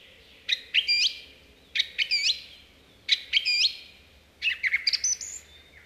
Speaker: Laulurastaan ääni keväällä on yksi luonnon merkkitapahtumista.